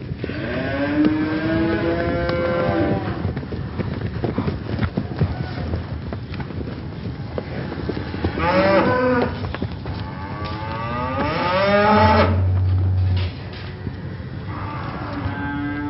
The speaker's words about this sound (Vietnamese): Bên ngoài trời đã sáng bảnh, chỉ thấy phía đông bụi bay mù trời, tiếng vó nệm xuống đất và tiếng kêu bi thảm của lũ bò hòa trộn làm một, váng trời dậy đất đổ dồn về phía chúng tôi.